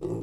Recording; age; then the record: pig call; weaner (32 to 43 days)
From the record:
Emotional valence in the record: negative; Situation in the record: novel object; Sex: female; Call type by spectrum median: low-frequency call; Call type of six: low-frequency stable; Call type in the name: low-frequency stable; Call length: 0.22 s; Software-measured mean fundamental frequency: 56 Hz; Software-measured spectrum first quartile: 166 Hz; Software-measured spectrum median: 313 Hz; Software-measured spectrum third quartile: 403 Hz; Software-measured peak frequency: 356 Hz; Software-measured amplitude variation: 144 dB a second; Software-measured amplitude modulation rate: 22.5 a second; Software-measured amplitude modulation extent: 6.4 dB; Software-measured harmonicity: 2.8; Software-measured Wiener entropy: -0.25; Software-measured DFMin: 1139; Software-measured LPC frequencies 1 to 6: 371, 909, 2749, 3755, 4658, 5788 Hz